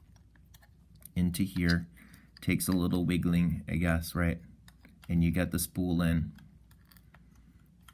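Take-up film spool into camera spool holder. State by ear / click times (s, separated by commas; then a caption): seated / 7.9 s. A take-up film spool is wiggled and pushed into its spool holder in the film chamber of a vintage Seagull 4B HaiOu twin-lens reflex camera while someone talks, with small handling clicks around the start and near the end. The spool clicks into place at 7.9 s and is seated.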